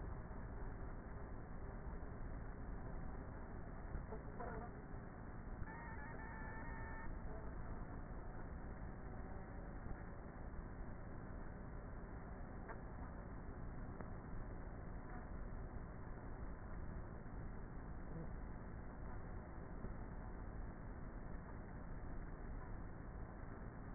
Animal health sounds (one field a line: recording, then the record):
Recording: honeybee colony, microphone inside the hive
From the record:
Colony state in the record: queenless with a low population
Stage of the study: before two queens were removed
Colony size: about 30,000 bees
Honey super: no